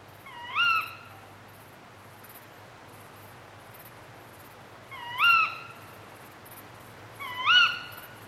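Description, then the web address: Tawny owl uttering three shrill, slightly rising kewick-like calls at irregular intervals, with faint high-pitched cricket pulses and a low background hum throughout. Hunting calls, accompanied by a chorus of dark bush-crickets. "Sound Effects-BBC Birds Owls"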